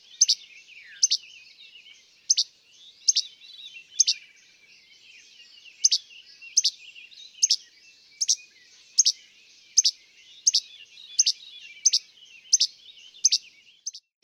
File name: Least Flycatcher